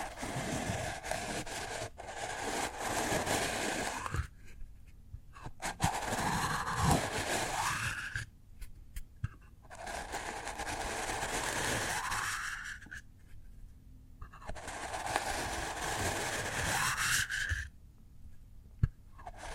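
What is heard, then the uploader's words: Cork being rubbed and scraped in three long, dense bursts, each fading into quieter gaps with occasional sharp taps and clicks. ASMR Cork Triggers. (No Talking).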